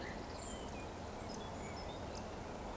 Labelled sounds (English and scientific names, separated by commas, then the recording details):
Eurasian Woodcock (Scolopax rusticola) whistle
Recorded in Baden-Württemberg, Germany, on 15 June 2020 at 19:38 UTC
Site 14569, 102 m above sea level